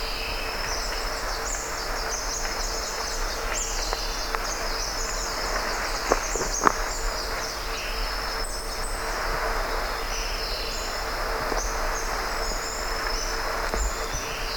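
Wallace's hanging parrot calls: thin, high squeaky chirps given in short scattered bursts over constant background noise.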